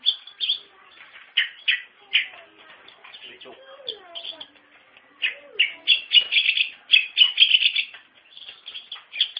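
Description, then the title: Long-tailed shrike song as a soft, varied twittering and chattering medley, with bursts of scratchy notes building toward the end. Singing lively, described by the Indonesian term gacor. "Cendet Gacor"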